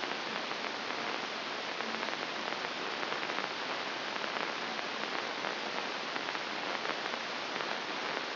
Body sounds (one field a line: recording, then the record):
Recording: brain microelectrode recording played as sound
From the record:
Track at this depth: inside the subthalamic nucleus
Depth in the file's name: 1.636 mm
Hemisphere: left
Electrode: 2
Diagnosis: Parkinson's disease